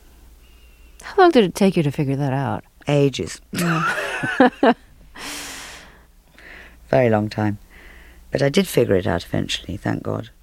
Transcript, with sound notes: How long did it take you to figure that out?
Ages.
Yeah.
(LAUGHTER)
Very long time. But I did figure it out eventually, thank God.